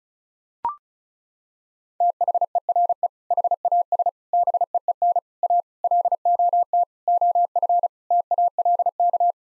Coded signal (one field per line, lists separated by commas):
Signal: Morse code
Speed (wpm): 36 wpm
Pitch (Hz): 700 Hz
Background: none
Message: THERE HAS BEEN A LOT OF TALK